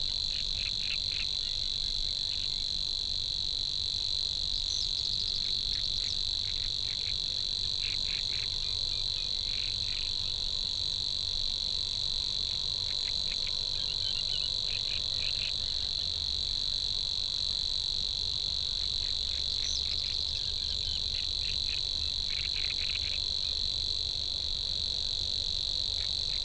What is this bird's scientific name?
Locustella luscinioides